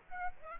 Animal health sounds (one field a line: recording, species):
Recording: mosquito wingbeat signal from an infrared sensor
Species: Aedes aegypti